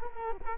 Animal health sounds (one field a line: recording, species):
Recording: mosquito wingbeat signal from an infrared sensor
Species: Culex quinquefasciatus